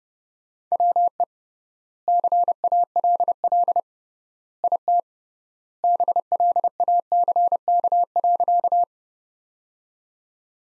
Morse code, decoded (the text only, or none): WE CALL IT BLACK.